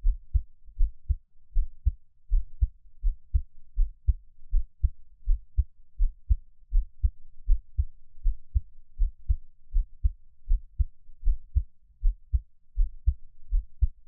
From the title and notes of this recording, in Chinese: Give my Heartbeat。今天是和緩平靜的心音。